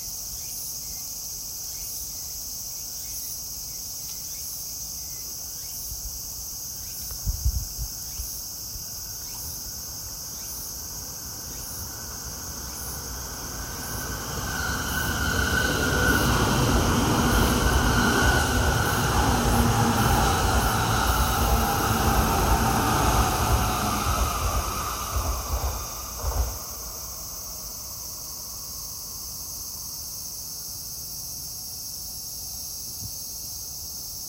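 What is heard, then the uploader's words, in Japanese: Cicadas keep up a steady, thin, high buzz from start to finish. Around 14 seconds a vehicle rumbles past, swelling into a loud low roar that fades by about 26 seconds. Brief thumps land near 7 and 26 seconds. 2021年の蝉の声。そろそろ聴けなくなる季節の音。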